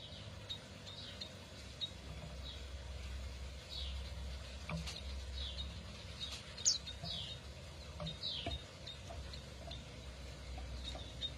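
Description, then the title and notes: Atlantic canary chirps: short, high, downward-sliding notes repeated irregularly over a steady low hum, with a few sharper high squeaks. Kenari F1 Ys bird; used as therapy for a canary that has stopped singing (macet). "TERAPI KENARI MACET. Kenari F1 Ys"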